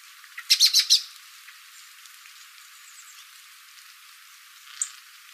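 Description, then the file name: Common blackbird calls: a quick burst of four sharp, high notes near the start, then a quiet stretch and one more high note toward the end. "Turdus merula"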